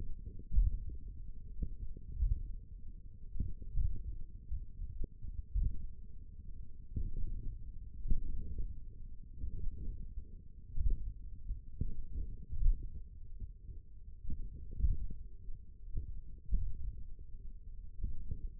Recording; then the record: forearm muscle sounds (acoustic myography)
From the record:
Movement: finger pinch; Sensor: system 1, eight BSWA MPA416 microphones around the upper forearm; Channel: 3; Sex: male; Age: 28 years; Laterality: right